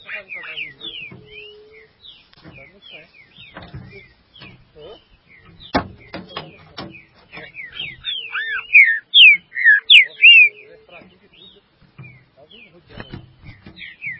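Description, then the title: Green-winged saltator song: busy whistled notes mixed with clicks and knocks, building to a few loud, looping whistles in the middle before quieter phrases return. "Trinca Ferro"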